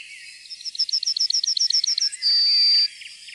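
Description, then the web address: Yellowhammer song: a quick series of repeated high chips, ending in a long drawn-out note. "fuglelyder gulspurv"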